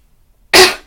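A single sudden, forceful cough follows half a second of near silence. It opens with a sharp burst and fades over about a third of a second, with a rough, airy quality. It is an isolated, very hard cough from an adult woman, heard during a live audio broadcast.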